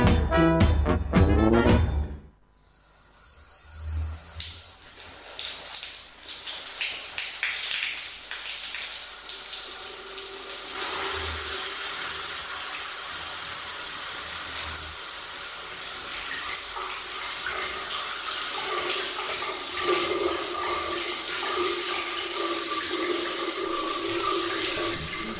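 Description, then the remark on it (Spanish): After a brief burst of other sound at the start, steady running water in a communal shower hisses continuously, a broad, even spray that stays loud and unbroken to the end with no voices. “Me encanta la duchita colectiva tempranera, porque ahora que se viene el frío hay que arrancar más temprano.”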